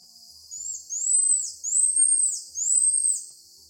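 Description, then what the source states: Pied tamarin call: four very high whistled notes, each rising then sweeping down, the first short and the rest longer. Played for comparison with the related red-handed tamarin.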